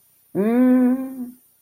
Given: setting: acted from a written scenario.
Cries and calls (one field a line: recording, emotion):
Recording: vocal sound without words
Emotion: embarrassment